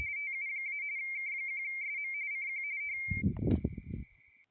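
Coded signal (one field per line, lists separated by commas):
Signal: RTTY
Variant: 45 baud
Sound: warbling two-tone teletype chatter near 2 kHz, then a steady tone and thumps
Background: handling noise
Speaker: So now we're going back to K1SM. You see my call going across the top there. And he's coming back to us here.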